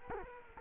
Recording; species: mosquito wingbeat signal from an infrared sensor; Culex quinquefasciatus